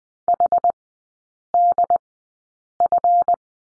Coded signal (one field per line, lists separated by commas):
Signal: Morse code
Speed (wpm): 20 wpm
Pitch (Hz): 700 Hz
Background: none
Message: HDF